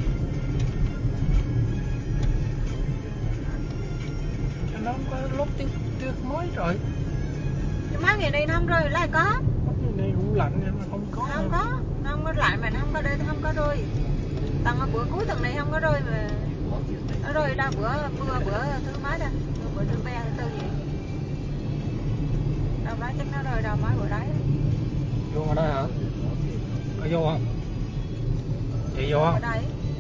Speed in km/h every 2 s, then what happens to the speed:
50, 52, 53, 56, 58, 58, 60, 58, 60, 60, 56, 55, 53, 50, 47.
0-7 speeds up to 58. 7-18 steady at about 58. 18-30 slows to 47.